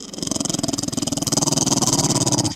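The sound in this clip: Pit bull growling: one steady, rasping, pulsing rumble that lasts about two and a half seconds and then stops.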